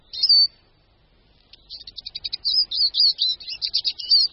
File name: Čížek-lesní